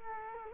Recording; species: mosquito wingbeat signal from an infrared sensor; Culex quinquefasciatus